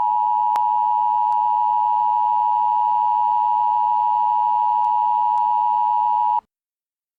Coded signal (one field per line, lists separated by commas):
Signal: Emergency Alert System (SAME) tones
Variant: 853 and 960 Hz attention tone